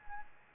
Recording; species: mosquito wingbeat signal from an infrared sensor; Anopheles gambiae